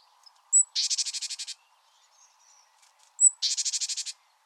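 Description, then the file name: Great tit churring call, a sharp high note leading into a rasping, rapidly pulsed buzz, heard twice. "Parus major"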